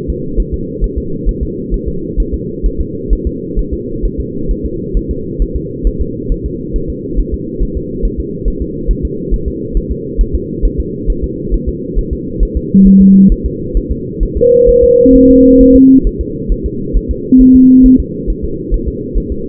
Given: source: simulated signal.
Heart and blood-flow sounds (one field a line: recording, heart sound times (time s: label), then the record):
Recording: fetal heart sounds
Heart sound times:
0.10 s: S2
0.40 s: S1
0.54 s: S2
0.84 s: S1
0.98 s: S2
1.29 s: S1
1.43 s: S2
1.74 s: S1
1.88 s: S2
2.20 s: S1
2.34 s: S2
2.66 s: S1
2.81 s: S2
3.13 s: S1
3.27 s: S2
3.59 s: S1
3.73 s: S2
4.05 s: S1
4.20 s: S2
4.51 s: S1
4.65 s: S2
4.97 s: S1
5.11 s: S2
5.42 s: S1
5.56 s: S2
5.87 s: S1
6.01 s: S2
6.32 s: S1
6.46 s: S2
6.76 s: S1
6.90 s: S2
7.19 s: S1
7.34 s: S2
7.63 s: S1
7.77 s: S2
8.05 s: S1
8.20 s: S2
8.48 s: S1
8.62 s: S2
8.91 s: S1
9.05 s: S2
9.34 s: S1
9.48 s: S2
9.77 s: S1
9.91 s: S2
10.21 s: S1
10.35 s: S2
10.65 s: S1
10.80 s: S2
11.10 s: S1
11.24 s: S2
11.54 s: S1
11.69 s: S2
11.98 s: S1
12.13 s: S2
12.43 s: S1
12.57 s: S2
12.87 s: S1
13.01 s: S2
13.32 s: S1
13.46 s: S2
13.77 s: S1
13.91 s: S2
14.23 s: S1
14.37 s: S2
14.69 s: S1
14.83 s: S2
15.15 s: S1
15.30 s: S2
15.61 s: S1
15.76 s: S2
16.07 s: S1
16.21 s: S2
16.52 s: S1
16.66 s: S2
16.97 s: S1
17.11 s: S2
17.41 s: S1
17.56 s: S2
17.86 s: S1
18.00 s: S2
18.30 s: S1
18.44 s: S2
18.74 s: S1
18.88 s: S2
19.18 s: S1
19.32 s: S2
From the record:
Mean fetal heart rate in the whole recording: 135 bpm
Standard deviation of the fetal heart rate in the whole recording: 3 bpm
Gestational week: 36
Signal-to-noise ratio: -6.6 dB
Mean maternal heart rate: 72 bpm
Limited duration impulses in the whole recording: present